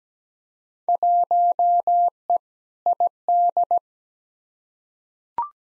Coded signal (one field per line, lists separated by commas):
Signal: Morse code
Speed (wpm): 17 wpm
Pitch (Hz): 700 Hz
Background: none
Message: 1E ID